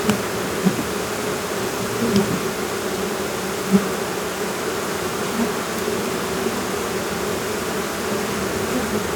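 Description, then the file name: Honey bees buzzing in a dense, steady low hum that never lets up, with a few soft knocks and clicks scattered through it. Agitated swarm at the hive entrance. "Aufgebrachter Bienen Schwarm Flugloch"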